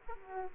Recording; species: mosquito wingbeat signal from an infrared sensor; Aedes aegypti